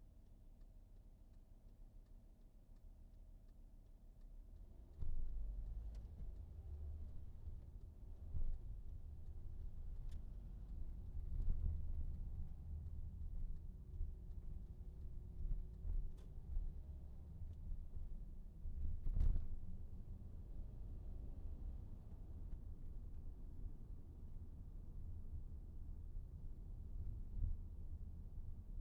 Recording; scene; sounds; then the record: everyday scene through a hearing-aid microphone; in a vehicle; engine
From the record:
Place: VW T5 Caravelle, diesel engine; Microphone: behind the ear, right, front